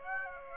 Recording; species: mosquito wingbeat signal from an infrared sensor; Aedes aegypti